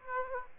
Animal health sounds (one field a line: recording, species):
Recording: mosquito wingbeat signal from an infrared sensor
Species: Aedes aegypti